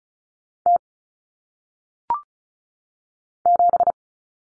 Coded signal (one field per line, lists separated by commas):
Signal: Morse code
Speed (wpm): 36 wpm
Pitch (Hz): 700 Hz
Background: none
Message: T 7